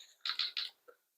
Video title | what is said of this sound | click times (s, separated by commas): Tuto démontage d'une enceinte JBL Charge 4 | déclipsez comme ça et après vous faites pareil tout le tour | 0.3 s, 0.4 s, 0.6 s